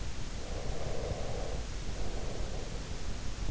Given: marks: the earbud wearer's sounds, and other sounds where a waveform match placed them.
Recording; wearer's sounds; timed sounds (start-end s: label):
sounds in sleep by an in-ear microphone; breath
0.23-3.18 s: breath